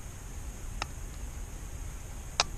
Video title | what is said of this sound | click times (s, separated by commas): Dodge Dart Speaker installation | It should just snap into place. | 2.4 s